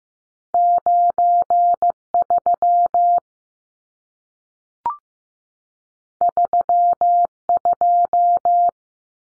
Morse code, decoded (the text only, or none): 93 32